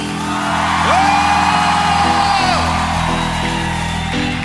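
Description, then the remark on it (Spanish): An audience shouts and whoops together in a dense, steady roar of voices, with one long high whoop rising sharply and holding for nearly two seconds before dropping away. “¡Vamos, grita!”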